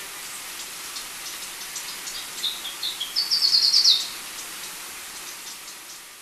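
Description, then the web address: Black-crested Warbler song: a quick accelerating run of sharp high notes over a steady hiss that sounds like rain. Ecuador. "Natures Songs S America Birds of Ecuador Black-crested Warbler"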